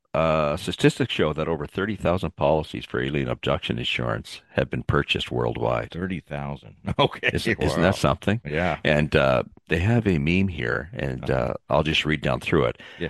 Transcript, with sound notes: statistics show that over 30,000 policies for alien abduction insurance have been purchased worldwide.
30,000, okay. (laughs) Wow.
Is- isn't that something?
Yeah.
And, uh, they have a meme here, and, uh-
Uh-huh.
... I'll just read down through it.